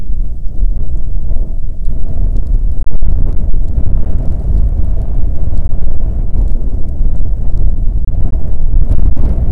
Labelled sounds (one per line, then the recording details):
wind
rain
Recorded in the Prudhoe Bay oil fields, Alaska, on 5 June 2019 at 00:00
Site 13